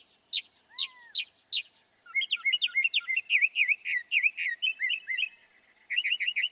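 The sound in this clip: Northern mockingbird song: a few sharp separated chirps, then a rapid run of warbled looping notes and a final burst of quick repeated chirps.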